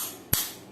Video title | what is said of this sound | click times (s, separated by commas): WRM 2021 maglev unboxing | When you heard this big snap, is back to setting 1, also the weakest setting. | 0.3 s